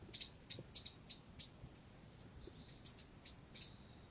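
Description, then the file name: Eurasian wren giving sharp, high ticking calls, five evenly spaced notes followed by thinner, higher chips and short whistled notes. "Troglodytes troglodytes"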